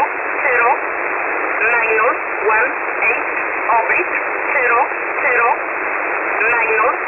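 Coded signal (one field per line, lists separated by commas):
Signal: numbers station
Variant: E11 Oblique, English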